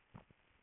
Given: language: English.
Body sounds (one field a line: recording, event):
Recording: throat vibration sensor signal played as sound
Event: swallow